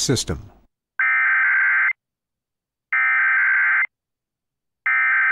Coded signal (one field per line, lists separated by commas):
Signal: Emergency Alert System (SAME) tones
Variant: header bursts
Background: speech